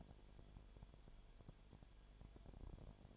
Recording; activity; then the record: daily activity, microphone in the room; no activity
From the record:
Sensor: 5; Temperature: 19.9 degrees Celsius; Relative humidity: 37.1%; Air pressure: 1007.4 hPa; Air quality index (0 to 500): 84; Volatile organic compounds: 1 ppm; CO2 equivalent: 965 ppm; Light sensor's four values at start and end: 2/3/1/1 and 2/3/1/1